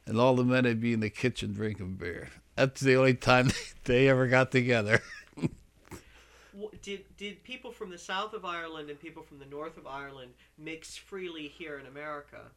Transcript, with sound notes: And all the men would be in the kitchen drinking beer. That's the only time they, they ever got together. (he laughs)
Did, did people from the south of Ireland and people from the north of Ireland mix freely here in America?